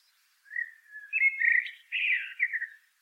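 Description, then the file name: Common blackbird song, a mellow, low whistled warble in slurred phrases lasting about two and a half seconds, with no other sounds. "Turdus merula"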